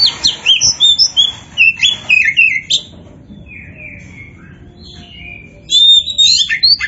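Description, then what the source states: Oriental magpie-robin singing a rapid run of sharp whistles and chattering notes, then softer, drawn-out whistles, and a loud burst of varied phrases at the end. Kacer poci variety, described as gacor (singing actively).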